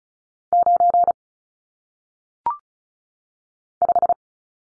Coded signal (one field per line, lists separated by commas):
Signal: Morse code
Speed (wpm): 35 wpm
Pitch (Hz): 700 Hz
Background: none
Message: 9 5